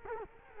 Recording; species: mosquito wingbeat signal from an infrared sensor; Culex quinquefasciatus